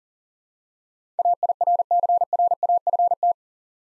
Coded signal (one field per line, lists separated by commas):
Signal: Morse code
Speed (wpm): 40 wpm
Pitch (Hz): 700 Hz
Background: none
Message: AIRCRAFT